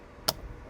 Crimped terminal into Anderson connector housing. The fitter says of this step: we want to put that in that way with our lip on the bottom so it's just a matter of pushing until we hear it click